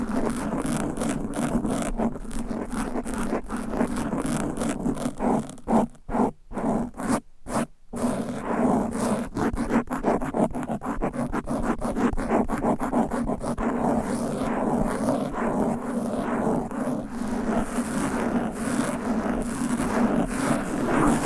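Fast, aggressive scratching on a microphone with nails and covers makes a dense, rasping rush that rarely lets up. Many quick strokes pile together, thick in the low-middle range with a bright edge. Around six to eight seconds it breaks into brief gaps of near silence.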